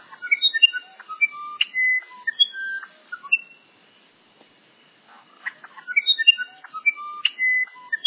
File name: uirapuru verdadeiro